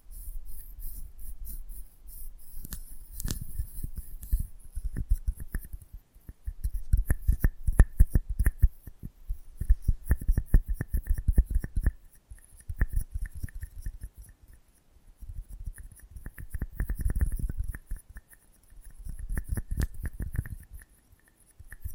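ASMR mic treatment: fast, dense scratching and tapping on a close-up microphone, with soft low thumps under crisp clicks. Sounds arrive in clustered bursts of a few seconds, broken by short pauses near 6, 14 and 19 seconds, over a faint steady hiss.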